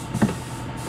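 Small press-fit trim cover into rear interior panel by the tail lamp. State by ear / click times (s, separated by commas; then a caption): not seated / none. A small plastic press-fit access cover, held only by friction, is handled as it is pressed back toward the rear interior panel by the tail lamp of an Audi A1. A brief rustling burst of handling noise around 0.2 s rises over a steady low background hum. The cover has not seated or clicked yet.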